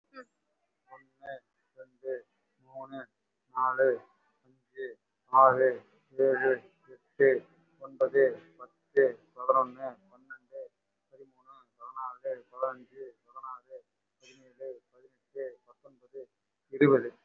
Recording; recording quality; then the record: counting at a normal pace; excellent, no background noise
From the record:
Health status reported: respiratory illness, not identified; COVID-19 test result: negative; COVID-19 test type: RT-PCR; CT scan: not taken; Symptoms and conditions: cough, cold, breathing difficulty, fatigue, muscle pain, chronic lung disease, pneumonia, diabetes, another condition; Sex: male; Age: 55 years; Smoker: yes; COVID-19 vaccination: none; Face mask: worn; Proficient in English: no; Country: India